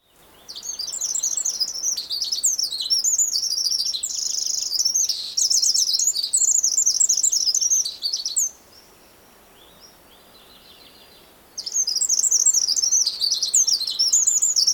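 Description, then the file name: Eurasian wren gives long, explosive bursts of fast high trills and twitters, falls quiet for a few seconds, then starts another burst. "Troglodytes troglodytes"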